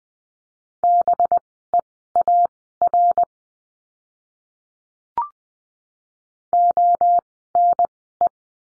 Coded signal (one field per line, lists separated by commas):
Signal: Morse code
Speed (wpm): 20 wpm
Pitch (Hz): 700 Hz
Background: none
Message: BEAR ONE